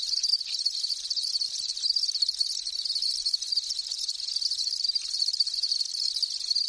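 Insect sound: a shrill, rapidly pulsing trill held without pause as one even, high drone.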